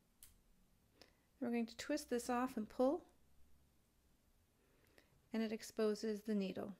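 A plastic lancet is pushed into an open lancing device and seats with a sharp click at 0.2 s. Two fainter ticks follow at about 1.0 s and 5.0 s while someone talks.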